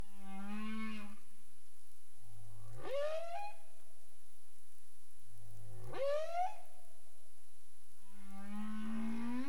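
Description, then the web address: Humpback whale calls, a low rising groan, then two upswept whoops with strong harmonics, and another rising moan at the end, over constant underwater hiss. Caribbean, 27 April 2035, 22:29 UTC. "CARIMAM. humpback whale"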